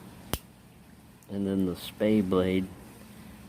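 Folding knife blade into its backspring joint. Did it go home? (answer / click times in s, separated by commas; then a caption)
yes / 0.3 s. The sheep's foot blade of a Rough Ryder traditional slipjoint pocket knife is opened and snaps into place under its steel backspring with one sharp click at 0.3 s. It seats firmly, with no half stop, and then someone talks.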